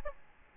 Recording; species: mosquito wingbeat signal from an infrared sensor; Aedes albopictus